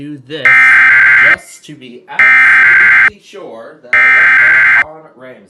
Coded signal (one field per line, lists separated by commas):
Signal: Emergency Alert System (SAME) tones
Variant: header bursts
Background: speech